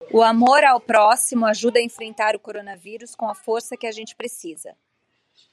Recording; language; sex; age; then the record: spoken sentence; Brazilian Portuguese; female; 40 to 49 years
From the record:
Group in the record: control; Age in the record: 47 years